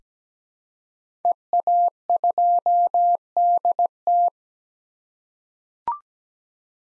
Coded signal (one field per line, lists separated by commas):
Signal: Morse code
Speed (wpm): 17 wpm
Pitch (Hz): 700 Hz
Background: none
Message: EA2DT